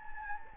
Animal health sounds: mosquito wingbeat signal from an infrared sensor; Anopheles gambiae

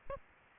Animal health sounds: mosquito wingbeat signal from an infrared sensor; Aedes aegypti

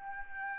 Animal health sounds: mosquito wingbeat signal from an infrared sensor; Aedes albopictus

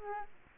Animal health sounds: mosquito wingbeat signal from an infrared sensor; Aedes aegypti

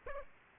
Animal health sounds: mosquito wingbeat signal from an infrared sensor; Aedes aegypti

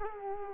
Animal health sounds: mosquito wingbeat signal from an infrared sensor; Culex quinquefasciatus

